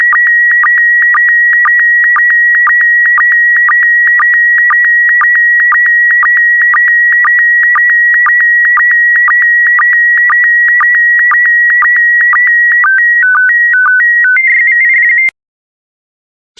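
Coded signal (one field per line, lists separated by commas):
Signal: SSTV (slow-scan television)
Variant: PD120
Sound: steady high tone with regular rapid clicks twice a second, then short stepping tones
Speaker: the next image transmission will start in 10 seconds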